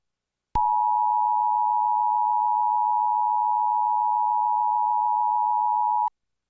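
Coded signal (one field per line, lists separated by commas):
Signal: Emergency Alert System (SAME) tones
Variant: 853 and 960 Hz attention tone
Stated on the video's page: Simulated alert in a fictional scenario about a Burger King toxin.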